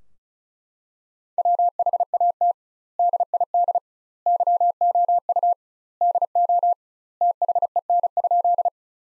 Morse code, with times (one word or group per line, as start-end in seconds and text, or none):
1.4-2.5 WHAT
3.0-3.8 DID
4.3-5.5 YOU
6.0-6.7 DO
7.2-8.7 THEN?